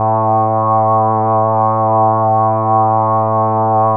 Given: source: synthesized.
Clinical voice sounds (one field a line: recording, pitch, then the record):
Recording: sustained vowel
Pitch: 110 Hz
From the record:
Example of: Parkinson's disease, light to moderate (G3)